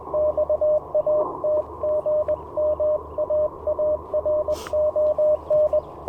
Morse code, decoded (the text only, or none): XAT GM AARON